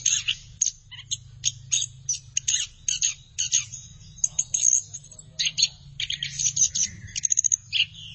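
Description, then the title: Thrush song, a rapid series of sharp high chirps and trills in quick bursts, ending in a fast stuttering run, over a low hum. "burung anis x"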